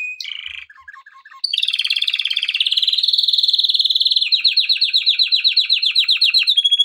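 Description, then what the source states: Canary song, a few short notes, a brief pause, then a long rolling trill that grows into clearly repeated rapid notes. Intended for training canaries.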